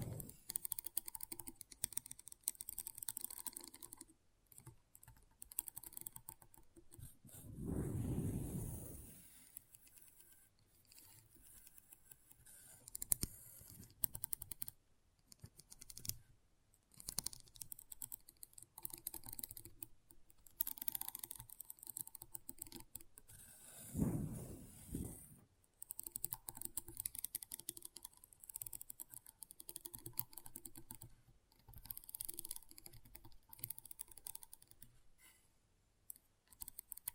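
Intense magnetic tingles come through as dense, quick clicking and tapping, bright and crisp like fast typing, going on throughout with brief pauses. Two deep, soft rumbling swells rise underneath, one around eight seconds and another near twenty-four seconds.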